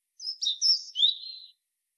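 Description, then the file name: European robin song phrase, a quick jumble of high, thin, tinkling notes sliding between higher and lower pitches for just over a second, then silence. "Erithacus rubecula"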